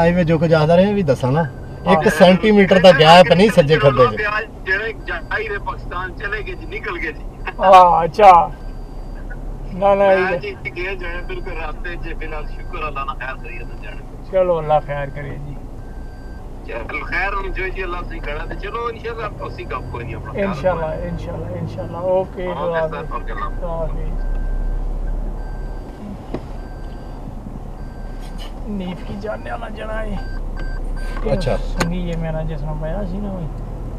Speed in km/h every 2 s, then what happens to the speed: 21, 19, 16, 16, 16, 16, 15, 13, 16, 21, 24, 26, 29, 26, 24, 26, 32.
0-14 steady at about 16. 14-23 speeds up to 29. 23-28 steady at about 26. 28-34 speeds up to 32.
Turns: 5-11.